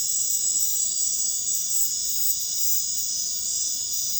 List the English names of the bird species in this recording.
none